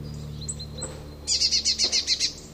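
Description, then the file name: Eurasian blue tit gives a few thin high notes, then a buzzy churring scold of several evenly spaced pulses. "Cyanistes caeruleus"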